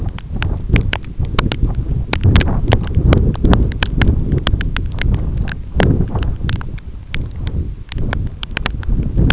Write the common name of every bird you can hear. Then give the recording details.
none. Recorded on Arctic tundra, site EABA-1, on 25 June 2018. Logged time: 06:00